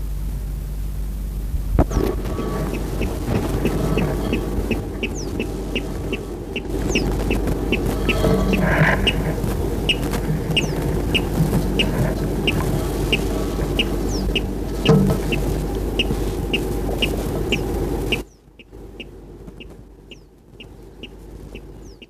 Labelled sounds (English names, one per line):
Water Rail song